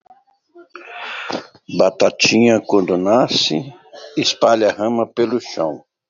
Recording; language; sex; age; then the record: short text; Brazilian Portuguese; male; 60 to 69 years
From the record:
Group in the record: control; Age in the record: 62 years